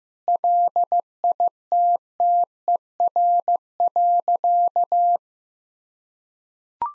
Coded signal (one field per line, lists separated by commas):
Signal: Morse code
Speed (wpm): 15 wpm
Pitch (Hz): 700 Hz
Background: none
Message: LITTER.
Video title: Easy Sentences with Hints - 15wpm